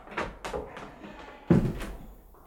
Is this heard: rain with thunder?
no